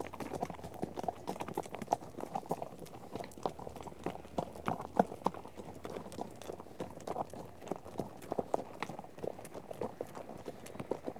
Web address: BBC Sound Effects Library. Herd of horses out on trek